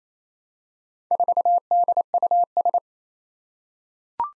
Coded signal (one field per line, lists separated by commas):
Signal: Morse code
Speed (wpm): 27 wpm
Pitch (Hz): 700 Hz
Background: none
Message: 4DUS